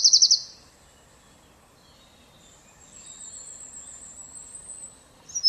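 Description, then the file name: Eurasian wren: a rapid, high, pulsed trill opens and closes, and a thin sustained high whistle-like tone runs through the middle. "Troglodytes troglodytes"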